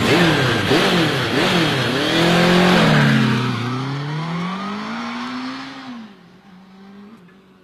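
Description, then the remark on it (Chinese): A motorcycle engine revs hard in several quick rising bursts, then holds a long droning tone that dips and climbs in pitch before fading away. No one speaks. “我远远的就看见你的摩托车支在这儿，怎么在这大渠边上躺着？”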